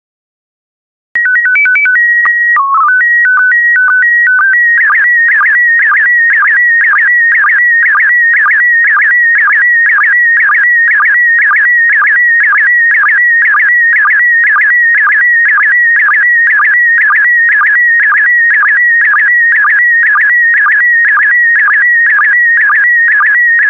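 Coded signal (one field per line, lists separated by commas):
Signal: SSTV (slow-scan television)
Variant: PD120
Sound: leader tones and short calibration header, then steady warbling scan tones with regular clicks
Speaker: transmission complete you can now check your decoded image against the picture that is shown on the video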